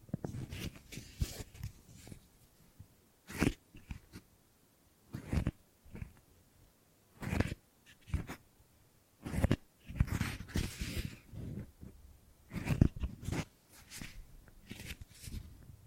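Gripping and grabbing sounds come as short, irregular bursts of rustling and scuffing, some sharp and bright, others soft and low. Clusters of handling noise occur every second or two, with brief quiet gaps between them and stronger grabs near 3, 7, 10 and 13 seconds.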